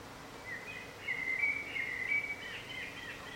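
Bird warbling a rapid, jumbled string of high whistled notes that swells in the middle and fades toward the end, with steady hiss behind.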